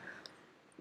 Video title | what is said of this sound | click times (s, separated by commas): Ultimate Setup Upgrade: Live | Click 1, click 2, so it is locked on both sides. | 0.3 s, 0.7 s